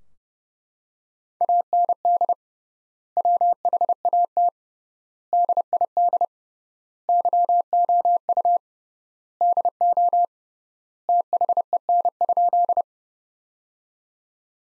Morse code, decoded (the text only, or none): AND WHAT DID YOU DO THEN?